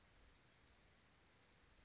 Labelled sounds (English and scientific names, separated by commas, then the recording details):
Western Flycatcher (Empidonax difficilis)
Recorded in Sonoma County, California